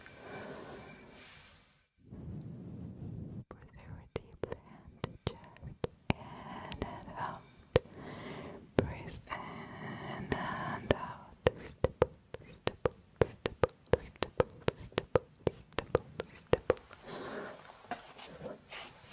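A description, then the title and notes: Soft brushing across skin fills the first seconds, followed by a brief hush near the two-second mark. Sharp, bright tapping clicks then arrive, sparse at first and growing quicker and denser after ten seconds, over a low muffled rustle and occasional breathy whispers. FACE brushing KISSING tapping.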